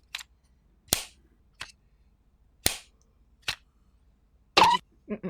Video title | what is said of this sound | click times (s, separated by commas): สาบานว่าพูดถึงหูฟัง : EDIFIER NEODOTS | ได้อยู่นะคือเคสเนี่ยมันปิดสนิทปิดดังแป๊กๆๆแต่ว่าตัวพลาสติกเนี่ยมันก็ | 0.9 s, 2.7 s, 4.6 s